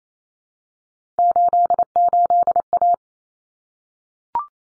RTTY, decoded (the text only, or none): none